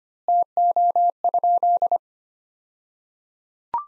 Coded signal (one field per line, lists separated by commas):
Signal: Morse code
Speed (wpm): 25 wpm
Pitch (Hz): 700 Hz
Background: none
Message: TO?